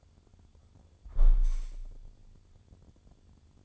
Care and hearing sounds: daily activity, microphone in the room; close window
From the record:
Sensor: 5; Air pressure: 1000.6 hPa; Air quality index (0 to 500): 154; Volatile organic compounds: 2 ppm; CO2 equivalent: 1184 ppm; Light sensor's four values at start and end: 40/93/39/42 and 40/93/39/42

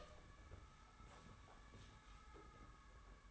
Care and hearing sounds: daily activity, microphone in the room; open door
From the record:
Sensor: 3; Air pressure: 991.6 hPa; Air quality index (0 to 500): 140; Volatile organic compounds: 297 ppm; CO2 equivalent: 4475 ppm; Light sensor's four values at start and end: 41/117/47/41 and 41/116/47/41

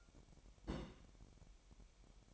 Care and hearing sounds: daily activity, microphone in the room; place on stove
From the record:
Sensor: 1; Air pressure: 1012.1 hPa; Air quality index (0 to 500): 221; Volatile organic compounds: 5 ppm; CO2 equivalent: 1764 ppm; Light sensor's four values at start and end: 65/154/64/67 and 65/154/64/67

